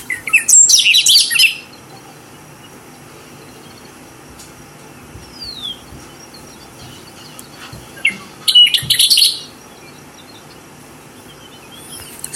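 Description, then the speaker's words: Bobolink song: two bursts of rapid, bubbly, tinkling notes several seconds apart, with faint scattered chips and a steady low hiss between them. Male establishing territory and courting; the sound is unique, nothing else sounds like the Bobolink. "Let's take a listen here to the bobolink."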